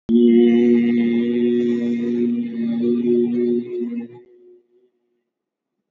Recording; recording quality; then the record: sustained vowel as in beet; excellent, no background noise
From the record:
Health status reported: COVID-19 positive, mild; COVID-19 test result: positive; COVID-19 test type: RT-PCR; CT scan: taken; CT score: 3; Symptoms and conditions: cold, fatigue, loss of smell and taste, hypertension, diabetes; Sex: male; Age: 76 years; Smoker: no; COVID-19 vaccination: both doses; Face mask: worn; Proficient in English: yes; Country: India